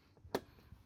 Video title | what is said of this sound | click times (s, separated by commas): CFMOTO 150 Aura Ride Review Episode 1 | Ayan, so nag-lock na siya. | 0.4 s